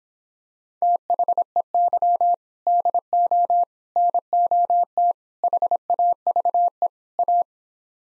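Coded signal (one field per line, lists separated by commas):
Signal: Morse code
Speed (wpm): 26 wpm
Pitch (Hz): 700 Hz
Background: none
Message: THEY DO NOT HAVE A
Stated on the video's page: Morse practice sets of five words at 17 wpm base speed, starting fast and slowing; fastest is 1.5 times slowest, final repeat at maximum speed.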